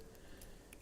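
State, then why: Seated. On a 2008 BMW 328i, a plastic trim ring with a metal tab on top is pushed onto the new red engine start/stop button. Two short, faint clicks at 0.2 s and 0.7 s are the ring's clips snapping in, and the ring is seated.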